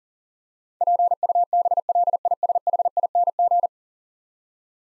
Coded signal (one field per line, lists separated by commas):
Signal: Morse code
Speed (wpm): 40 wpm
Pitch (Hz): 700 Hz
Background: none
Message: PUBLISHING